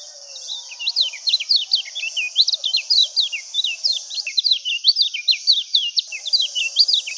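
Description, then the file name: Lemon-bellied white-eye: a lively, unbroken chatter of high, quick slurred chirps, varied in pitch, above a faint steady high-pitched hiss. "suara pleci laut omkicau"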